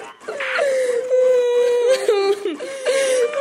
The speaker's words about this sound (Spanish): Llegado el llanto, se tapará con decoro el rostro usando ambas manos con la palma hacia adentro. Los niños llorarán con la manga del saco contra la cara y de preferencia en un rincón del cuarto. Duración media del llanto, 3 minutos.